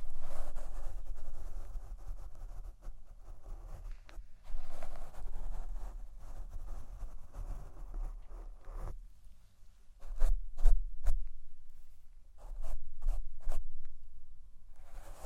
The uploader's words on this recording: ASMR Fall Asleep To Mic Brushing & Tapping (No Talking).